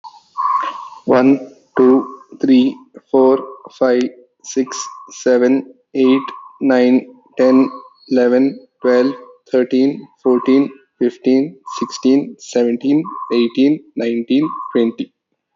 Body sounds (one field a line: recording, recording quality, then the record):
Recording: counting at a normal pace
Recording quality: excellent, no background noise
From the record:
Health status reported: healthy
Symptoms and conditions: none ticked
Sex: male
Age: 30 years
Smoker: yes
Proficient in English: yes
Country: India